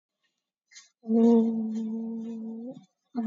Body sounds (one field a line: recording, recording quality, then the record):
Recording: sustained vowel as in boot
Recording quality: moderate, slight background noise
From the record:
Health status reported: COVID-19 positive, moderate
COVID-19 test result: positive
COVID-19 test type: RT-PCR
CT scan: not taken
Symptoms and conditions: cough, cold, sore throat, fever, muscle pain, loss of smell and taste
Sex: female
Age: 21 years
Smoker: no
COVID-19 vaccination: none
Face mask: worn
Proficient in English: yes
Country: India